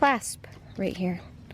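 Someone talks while handling the clasp on the folding handle of a garden wagon, the clasp that locks the handle upright. The clip ends before the handle goes home, and nothing has seated or clicked yet. A brief faint tick comes near 1.5 s.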